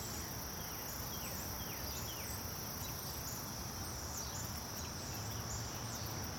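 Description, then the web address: Continuous high insect trilling holds steady throughout, while short downward-sweeping bird chirps come and go and a soft low hum runs below. Daytime outdoor ambience in a residential subdivision neighborhood, with birds and insects. "SFXBible 6 Ambience-Subdivision-Day-Birds-Insects-Neighborhood"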